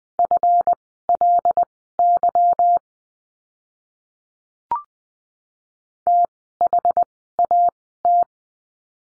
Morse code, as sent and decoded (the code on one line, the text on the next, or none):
..-. .-.. -.-- / - .... .- -
FLY THAT